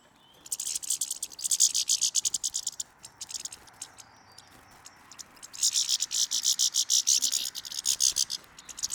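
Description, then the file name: European goldfinch calls: dense bursts of rapid, high, scratchy twittering notes lasting a few seconds each, with a quiet pause between the two bursts. "Carduelis carduelis"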